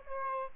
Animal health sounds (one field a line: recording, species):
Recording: mosquito wingbeat signal from an infrared sensor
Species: Aedes aegypti